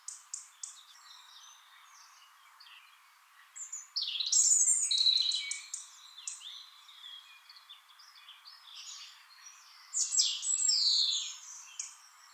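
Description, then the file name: European robin offering high, sweet warbled phrases with quick trills, a louder passage in the middle and another near the end, softer notes between. "Erithacus rubecula"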